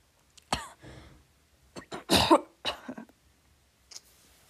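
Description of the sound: A child gives a short run of dry coughs and throat clearing in a small quiet room, with brief pauses between bursts. The voice is failing.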